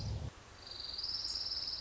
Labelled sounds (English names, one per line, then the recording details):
Orange-crowned Warbler
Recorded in Sonoma County, California